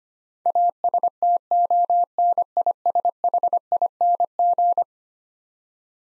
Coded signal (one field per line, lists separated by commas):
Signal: Morse code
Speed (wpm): 25 wpm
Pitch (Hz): 700 Hz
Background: none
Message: ASTONISHING